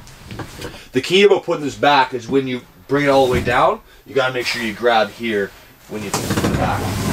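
Someone talks while handling the pull-out sofa bed frame in a 2022 Winnebago Micro Minnie 2225RL RV, getting it ready to push back from the bed position into its stowed sofa position, with a few soft knocks near the start and broadband rustling at the end. Nothing has seated or locked into place yet.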